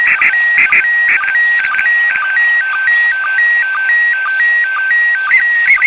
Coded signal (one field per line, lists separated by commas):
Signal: SSTV (slow-scan television)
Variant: PD 120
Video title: ARISS SSTV Satellite Pass Using RX-SSTV Software